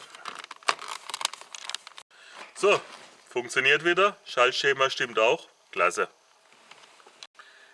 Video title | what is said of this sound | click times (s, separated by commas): Removal and Installation of the Gearbox on the Porsche 944 | und der wird hier nur eingeklipst. Überall so schön runterdrücken und dann kommt der schon in Position. | 0.7 s, 1.2 s, 1.8 s